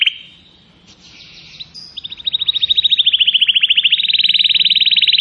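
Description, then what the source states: Atlantic canary song: a brief high note, a soft buzzy passage, then a long fast trill of rapid repeated notes that grows louder and steadier toward the end. Canary song recording used as a lure to attract birds.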